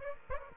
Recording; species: mosquito wingbeat signal from an infrared sensor; Aedes aegypti